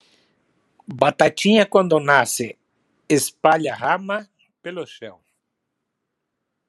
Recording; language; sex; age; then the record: short text; Brazilian Portuguese; male; 70 to 79 years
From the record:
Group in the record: control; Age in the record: 71 years